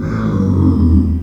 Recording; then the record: squeal of a Yucatan mini pig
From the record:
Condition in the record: after surgery on the right vocal fold (resection and tissue-engineered implant); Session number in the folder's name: 13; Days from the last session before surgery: 113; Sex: female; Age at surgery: 19 weeks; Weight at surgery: 25 kg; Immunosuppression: prednisolone